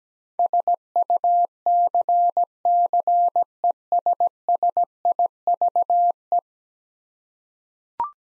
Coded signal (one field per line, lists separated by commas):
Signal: Morse code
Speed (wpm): 17 wpm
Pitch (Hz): 700 Hz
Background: none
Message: SUCCESSIVE